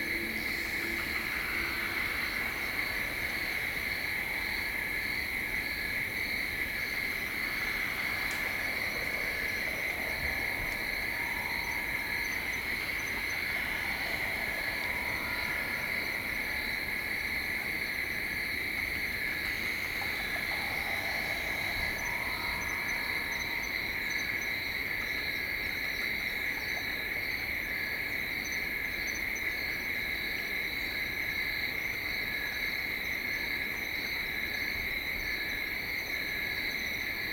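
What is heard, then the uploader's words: Crickets and frogs sing together in a dense, unbroken chorus, with a high steady trill and a brighter pulsing layer above it. Lower croaking calls rise and fall in loose clusters, busiest early and around twenty seconds, over a constant low rumble. Listening to the crickets and frogs singing so happily after flooding rains.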